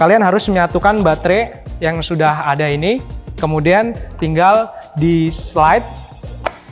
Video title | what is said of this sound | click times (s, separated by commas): ULASAN LENGKAP SPRAY GUN ELECTRIC CORDLESS ORION ESG-CX33-381 - COCOK UNTUK PENDUKUNG PERALATAN ANDA | berbunyi klik kemudian mesinnya sudah hidup seperti ini Nah | 6.5 s